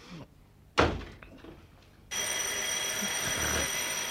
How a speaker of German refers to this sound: Schon wieder Telefon.